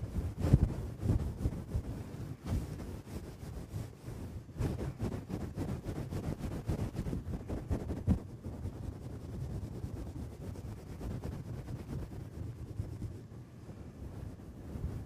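A scratcher rubs and scrapes over the microphone in a dense, continuous rustle, thick low rumble throughout, with quick crackling scratches constantly overlapping.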